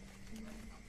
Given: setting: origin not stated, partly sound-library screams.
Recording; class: one-second piece from a danger detection set; normal situation